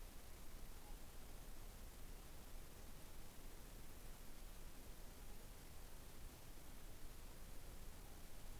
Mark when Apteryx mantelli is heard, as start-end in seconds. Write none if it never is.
none